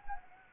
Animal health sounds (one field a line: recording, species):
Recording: mosquito wingbeat signal from an infrared sensor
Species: Anopheles gambiae